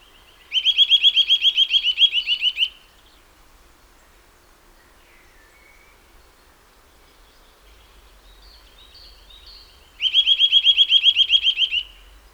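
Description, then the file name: Eurasian nuthatch producing two fast trills of upslurred whistles several seconds apart, with faint chirps in between and light background noise. "Sitta europaea"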